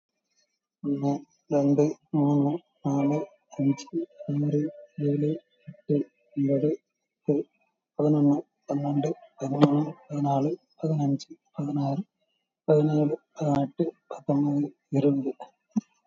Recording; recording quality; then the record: counting at a normal pace; excellent, no background noise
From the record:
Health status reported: COVID-19 positive, moderate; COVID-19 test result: positive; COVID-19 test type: RT-PCR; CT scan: taken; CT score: 10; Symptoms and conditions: cough, cold, fever, fatigue, muscle pain, loss of smell and taste, diarrhoea, diabetes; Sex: male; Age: 47 years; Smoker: no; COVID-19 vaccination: none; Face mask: worn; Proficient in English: yes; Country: India